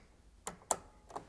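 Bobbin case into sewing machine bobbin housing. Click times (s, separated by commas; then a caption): 0.7 s. A loaded bobbin case is pushed into its housing in the bobbin area of a Bernina S-325 sewing machine until it latches. A softer tap at 0.5 s comes before a sharp, loud click at 0.7 s, and a lighter tick follows near 1.2 s. The bobbin case is seated.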